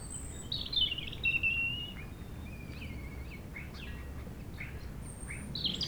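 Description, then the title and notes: European robin song, high thin warbled phrases and trills with pauses between, over a steady low rumble of wind in trees. Singing nearby in sunshine on a sloping lawn at Châtillon beach, Chindrieux, France, sheltered from the north wind, with wind murmuring in the trees. "80 Chem. des Rubellines, 73310 Chindrieux, France - rouge gorge. Au soleil sur la pelouse en pente de la plage de Châtillon , à l'abri du vent du Nord , un rouge gorge chante non loin , rumeur du vent dans les arbres"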